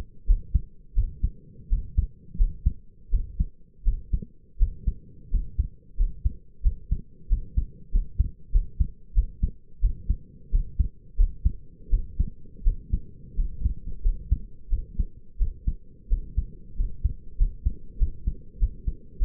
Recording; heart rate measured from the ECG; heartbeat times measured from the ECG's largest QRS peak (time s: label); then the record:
heart sounds by stethoscope; 89 bpm
0.27 s: heartbeat
0.95 s: heartbeat
1.69 s: heartbeat
2.37 s: heartbeat
3.11 s: heartbeat
3.84 s: heartbeat
4.58 s: heartbeat
5.30 s: heartbeat
5.97 s: heartbeat
6.63 s: heartbeat
7.29 s: heartbeat
7.91 s: heartbeat
8.52 s: heartbeat
9.14 s: heartbeat
9.81 s: heartbeat
10.51 s: heartbeat
11.17 s: heartbeat
11.90 s: heartbeat
12.64 s: heartbeat
13.36 s: heartbeat
14.02 s: heartbeat
14.70 s: heartbeat
15.38 s: heartbeat
16.09 s: heartbeat
16.77 s: heartbeat
17.38 s: heartbeat
17.99 s: heartbeat
18.59 s: heartbeat
19.18 s: heartbeat
From the record:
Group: healthy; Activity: rest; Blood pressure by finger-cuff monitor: 108/62 mmHg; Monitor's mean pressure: 78 mmHg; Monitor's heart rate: 90 bpm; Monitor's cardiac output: 6.6 L/min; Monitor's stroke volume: 74 mL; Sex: male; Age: 22 years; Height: 181 cm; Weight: 60 kg